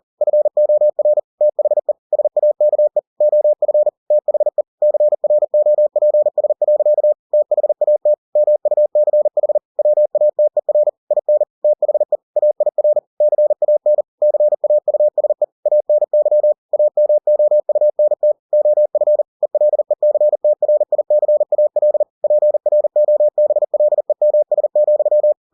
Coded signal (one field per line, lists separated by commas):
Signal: Morse code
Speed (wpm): 40 wpm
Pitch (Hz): 600 Hz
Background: none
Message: FOR THE SAKE OF THE CROPS. THAT MUCH WATER IN THE AIR CAN CAUSE ANY AMOUNT OF ELECTRICAL PROBLEMS,